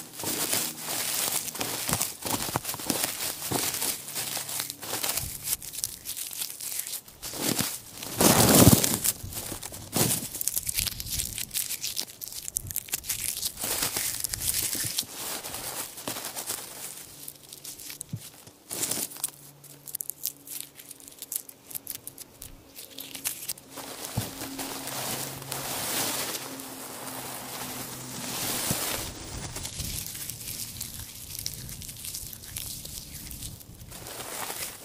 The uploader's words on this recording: ASMR Crunch sounds of hay and straw.